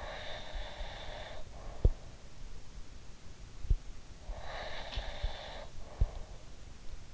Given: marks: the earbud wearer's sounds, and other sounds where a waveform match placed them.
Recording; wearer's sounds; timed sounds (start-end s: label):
sounds in sleep by an in-ear microphone; breath
0.00-1.98 s: breath
4.22-6.40 s: breath